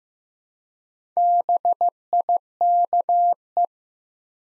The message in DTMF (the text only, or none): none